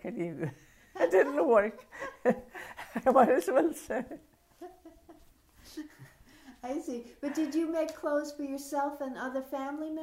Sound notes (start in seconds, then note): 0.9 laughs; 4.5 laughs